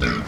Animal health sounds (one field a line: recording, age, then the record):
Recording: pig call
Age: growing-finishing pig (85 days or more)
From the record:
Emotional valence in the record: positive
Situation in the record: run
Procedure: transit